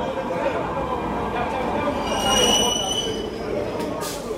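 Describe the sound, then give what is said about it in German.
A metro train rumbles steadily through the underground Plaza de Catalunya metro station at midnight, thin high-pitched wheel squeals whining over a dense, roaring bed of noise, with faint murmuring voices mixed in. “Die Polizei drängt die Straßenhändler in die U-Bahn-Station. Die Männer warten unten bei den Gleisen.”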